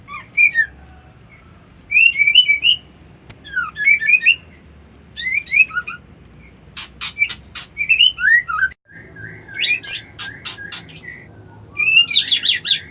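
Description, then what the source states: White-eye song: repeated phrases of high twittering and sliding whistles separated by pauses, with sharp clicking notes between some phrases. Song style called ngerol ngalas.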